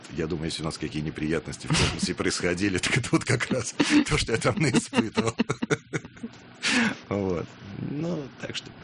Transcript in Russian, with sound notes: Я думаю, если у нас какие неприятности в корпусе и происходили, так это вот как раз то, что я там наиспытывал. (смеются) Вот. Ну, так что…